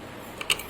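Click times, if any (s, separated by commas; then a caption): 0.5 s. A loaded bobbin case is fitted into the hole of the sewing machine's shuttle hook under the needle plate and pushed in until it locks. A faint tick at 0.4 s is followed by a sharp metallic click at 0.5 s as the bobbin case seats in place.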